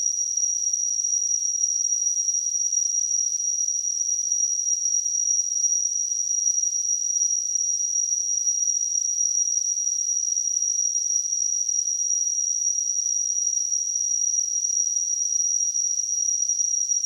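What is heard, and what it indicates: Simulated tinnitus: a steady, high-pitched ringing tone near 6 kHz with a faint hiss around it, holding constant for the whole clip.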